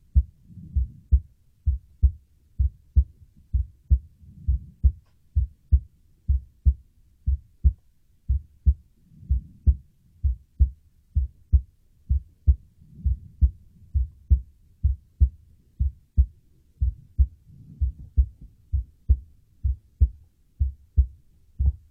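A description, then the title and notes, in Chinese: A heartbeat thumps low and steady in quick, even lub-dub pairs, with soft whooshing swells rising every few seconds underneath. 心音｜被姐姐抱在怀里。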